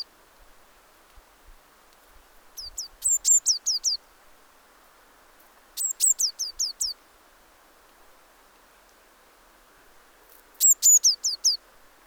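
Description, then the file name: Eurasian blue tit calling: phrases of two sharp high notes followed by quick downward-hooked notes, given three times with pauses between, over steady faint hiss. "Cyanistes caeruleus"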